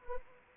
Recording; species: mosquito wingbeat signal from an infrared sensor; Anopheles arabiensis